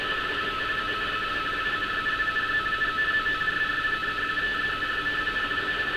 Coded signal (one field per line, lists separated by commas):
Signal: RTTY